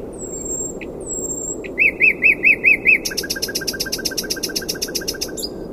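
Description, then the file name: Common nightingale song opening with two long, thin, falling whistles, then six loud evenly repeated notes, followed by a fast, dense trill of clipped notes. "Luscinia megarhynchos"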